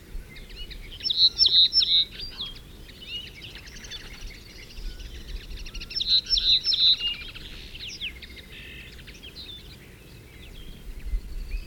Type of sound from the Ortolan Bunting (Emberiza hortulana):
song